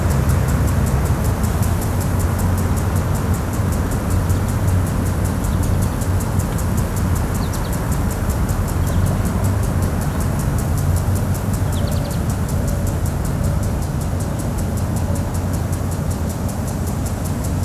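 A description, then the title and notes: A lawn being watered outdoors: a steady, dense rush of spraying water that holds at one level for the whole stretch, over a deep low rumble and hum like a motor or pump. A fast, even ticking runs through the top, with a few faint chirps around the middle. Watering the Lawn - Ambience.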